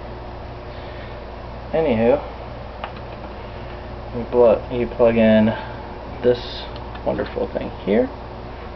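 An adapter is being handled while plugging into a USB SPI BIOS programmer, and someone talks throughout over a steady low hum. A brief faint tick occurs near 2.8 seconds, but the clip ends before the part goes home, so nothing has seated or clicked yet.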